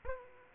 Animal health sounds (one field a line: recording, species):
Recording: mosquito wingbeat signal from an infrared sensor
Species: Aedes aegypti